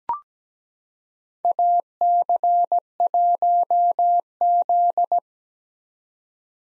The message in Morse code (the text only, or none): AC1Z